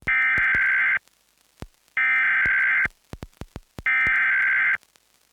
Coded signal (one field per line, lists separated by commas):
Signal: Emergency Alert System (SAME) tones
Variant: header bursts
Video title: EAS Anomaly Threat (this video is for entertainmentpurposes and this isnt a real brodcast)